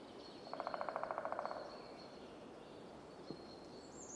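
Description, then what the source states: Woodpecker drumming: a rapid even roll of about a dozen knocks lasting about a second, then a single knock later, with faint high birdsong in a quiet forest. Woodpeckers drumming on tree trunks shortly after dawn in a very calm forest, Fermansbo Urskog Nature Reserve.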